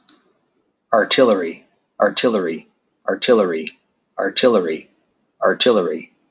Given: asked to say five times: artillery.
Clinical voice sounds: repeated word; male; 30 to 39 years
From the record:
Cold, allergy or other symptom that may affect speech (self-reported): no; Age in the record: 35 years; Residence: Washington, United States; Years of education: 17

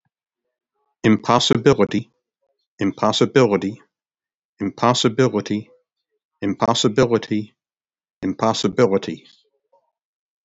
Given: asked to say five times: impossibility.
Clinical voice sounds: repeated word; male; 60 to 69 years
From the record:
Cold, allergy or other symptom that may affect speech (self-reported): no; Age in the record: 63 years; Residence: North Carolina, United States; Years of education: 16

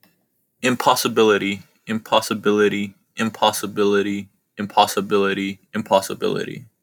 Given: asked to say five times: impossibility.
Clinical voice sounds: repeated word; male; 20 to 29 years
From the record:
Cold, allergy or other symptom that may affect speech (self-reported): no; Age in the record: 20 years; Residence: California, United States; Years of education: 14

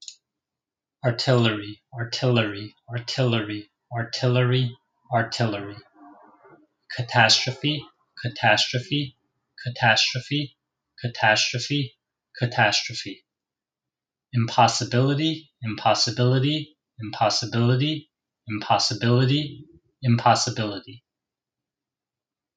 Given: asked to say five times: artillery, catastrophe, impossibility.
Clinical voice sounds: three words, each repeated; male; 30 to 39 years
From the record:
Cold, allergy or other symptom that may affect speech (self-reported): no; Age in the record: 39 years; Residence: New Jersey, United States

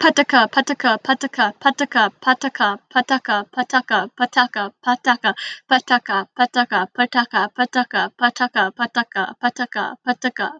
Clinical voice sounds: repeated syllables /pa ta ka/; female; 20 to 29 years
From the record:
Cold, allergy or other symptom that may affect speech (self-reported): no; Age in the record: 20 years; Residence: Washington, United States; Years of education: 14

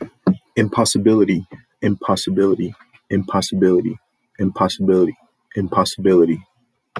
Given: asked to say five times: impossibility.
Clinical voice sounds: repeated word; male; 30 to 39 years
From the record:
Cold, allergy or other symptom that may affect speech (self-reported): no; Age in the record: 32 years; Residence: New Mexico, United States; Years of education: 13

